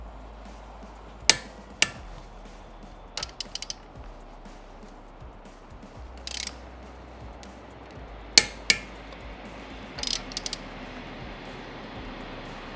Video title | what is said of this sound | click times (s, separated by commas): How to Install Tesla Wheels, Do-it-Yourself at Home Safely Step-by-Step How To Instructions | And we just wanna go slow and steady with this, just push it until it clicks. | 1.3 s, 8.4 s